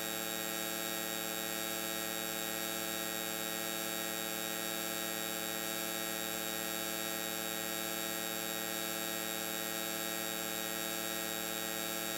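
A steady electronic field drone holds unchanged throughout, a dense buzzing hum of many fixed tones stacked from low to bright, constant.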